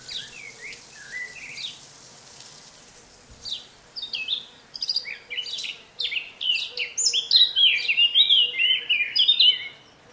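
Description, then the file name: Eurasian blackcap song, soft scattered notes at first, building into a fast, loud, varied warble of chirps and twittering that continues to the end. "Sylvia atricapilla"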